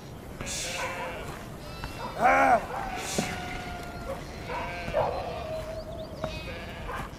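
animal, sheep bleating

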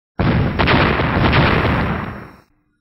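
sound effect, explosion sound effect

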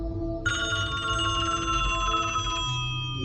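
signal or alarm, telephone ringing

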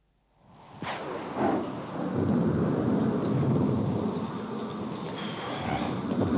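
nature, heavy rain with thunder

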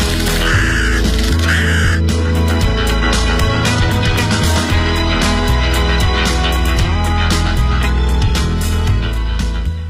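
bird, bird singing

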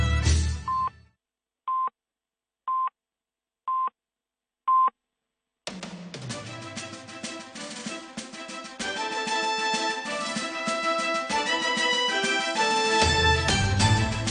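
signal or alarm, telephone dialing tones

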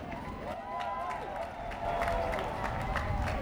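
crowd, audience applause

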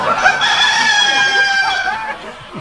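animal, chicken clucking and crowing

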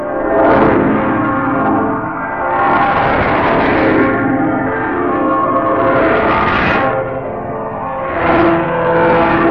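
signal or alarm, church bells ringing

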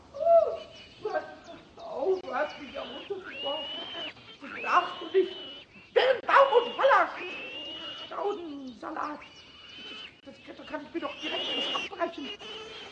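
animal, pig squealing loudly

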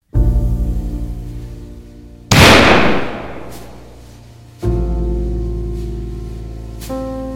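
sound effect, gunshot

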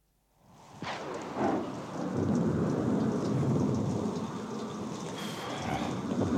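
nature, heavy rain with thunder

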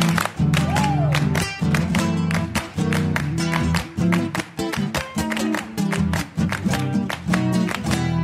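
crowd, audience clapping

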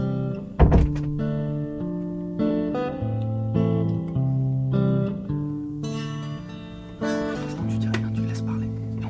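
household object, door being closed

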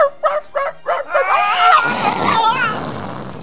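animal, dog barking

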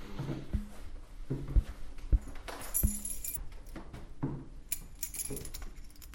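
household object, keys jangling

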